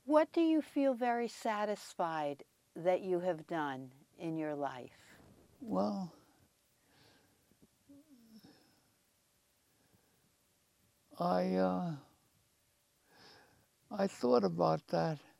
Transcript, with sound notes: What do you feel very satisfied that you have done in your life?
Well - [pause] I -- I thought about that,